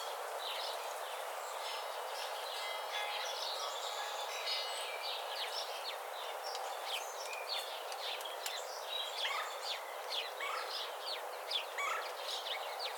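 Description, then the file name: House sparrow chirps, scattered short cheeps repeated irregularly, over a steady hiss of background noise. "Passer domesticus"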